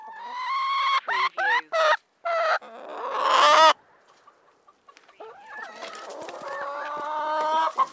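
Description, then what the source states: Chickens clucking and calling: a few short squawks, a louder drawn-out call, a quiet pause, then softer, continuous calling. Chickens recorded in a coop.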